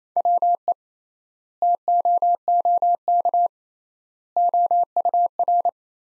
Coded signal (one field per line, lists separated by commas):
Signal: Morse code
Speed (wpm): 28 wpm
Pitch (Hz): 700 Hz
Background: none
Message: WE TOOK OUR